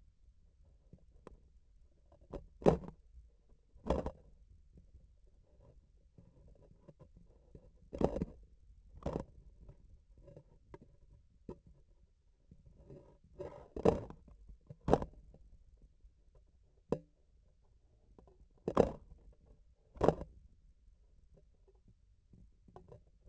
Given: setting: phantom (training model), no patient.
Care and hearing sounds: laparoscopic instrument, vibration sensor on the handle end; grasping forceps; opening and closing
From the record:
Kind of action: tool actuation without material contact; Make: other than Olympus

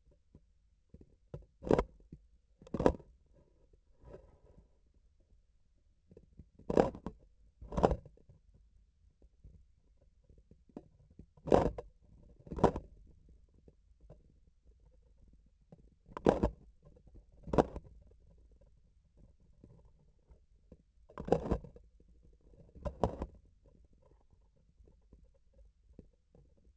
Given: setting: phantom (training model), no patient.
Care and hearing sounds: laparoscopic instrument, vibration sensor on the handle end; grasping forceps; opening and closing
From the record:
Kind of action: tool actuation without material contact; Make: other than Olympus

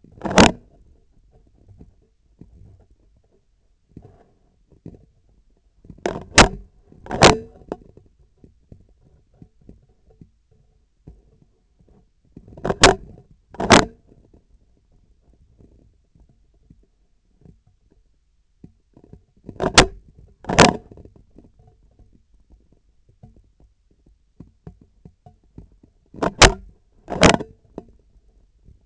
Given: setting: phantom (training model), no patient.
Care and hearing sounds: laparoscopic instrument, vibration sensor on the handle end; scissors; opening and closing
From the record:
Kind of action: tool actuation without material contact

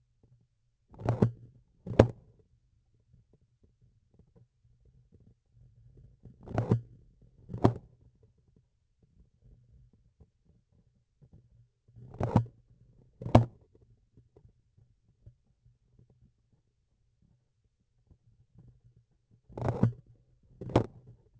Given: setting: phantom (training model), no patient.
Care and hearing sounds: laparoscopic instrument, vibration sensor on the handle end; grasping forceps; opening and closing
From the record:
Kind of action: tool actuation without material contact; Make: other than Olympus

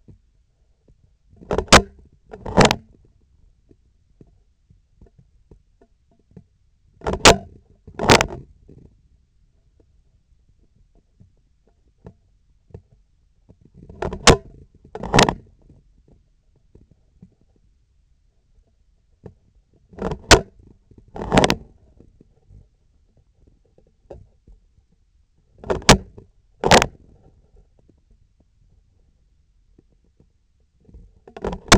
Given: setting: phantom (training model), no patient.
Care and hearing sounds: laparoscopic instrument, vibration sensor on the handle end; scissors; opening and closing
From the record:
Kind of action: tool actuation without material contact

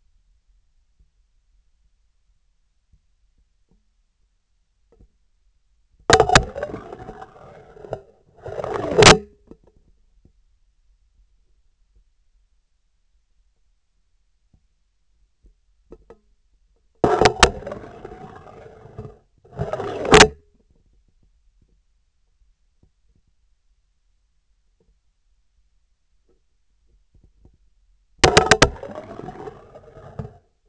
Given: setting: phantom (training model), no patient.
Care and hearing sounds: laparoscopic instrument, vibration sensor on the handle end; scissors; insertion and removal through the trocar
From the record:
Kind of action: spatial motion

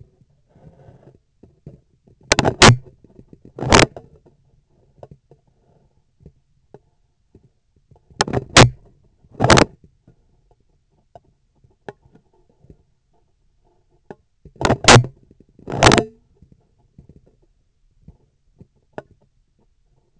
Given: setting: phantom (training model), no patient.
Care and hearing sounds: laparoscopic instrument, vibration sensor on the handle end; scissors; opening and closing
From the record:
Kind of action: tool actuation without material contact

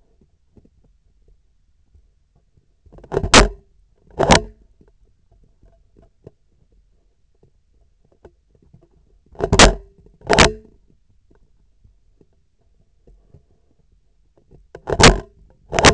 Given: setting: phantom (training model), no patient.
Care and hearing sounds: laparoscopic instrument, vibration sensor on the handle end; scissors; opening and closing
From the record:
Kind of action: tool actuation without material contact

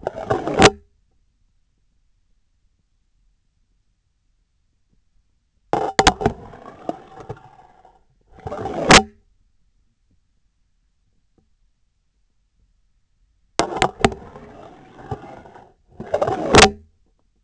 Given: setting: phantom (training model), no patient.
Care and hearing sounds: laparoscopic instrument, vibration sensor on the handle end; scissors; insertion and removal through the trocar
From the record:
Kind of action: spatial motion

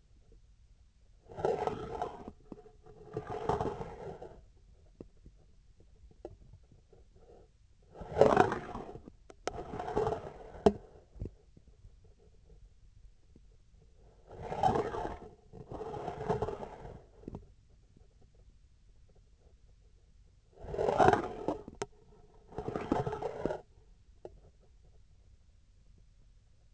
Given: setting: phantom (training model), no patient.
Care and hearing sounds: laparoscopic instrument, vibration sensor on the handle end; scissors; approaching and retracting movements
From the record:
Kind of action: spatial motion

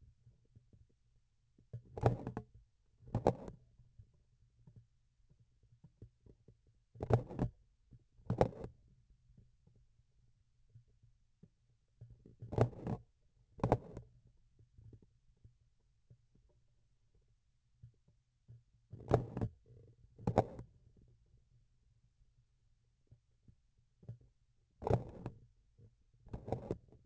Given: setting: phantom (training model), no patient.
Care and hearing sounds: laparoscopic instrument, vibration sensor on the handle end; grasping forceps; opening and closing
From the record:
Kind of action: tool actuation without material contact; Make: other than Olympus

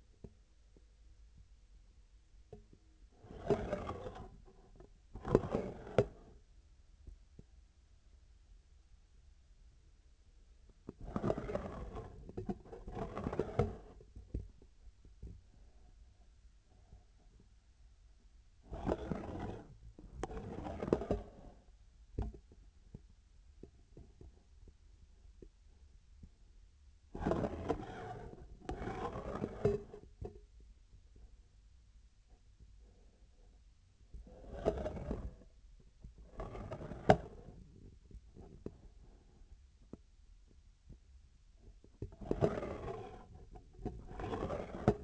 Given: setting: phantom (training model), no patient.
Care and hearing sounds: laparoscopic instrument, vibration sensor on the handle end; scissors; approaching and retracting movements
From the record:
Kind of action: spatial motion

